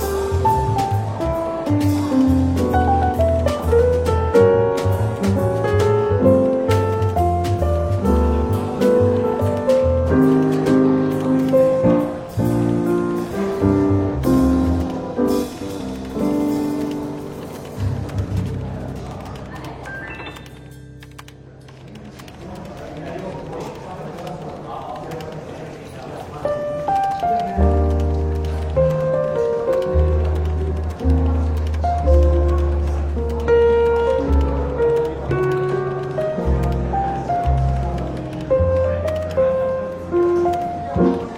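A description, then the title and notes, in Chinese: Soft, relaxed jazz plays over a light café murmur, with walking bass and piano lines, easing into a quieter lull midway before resuming. 伦敦书店咖啡馆轻微喧闹氛围与柔和轻松的爵士背景音乐。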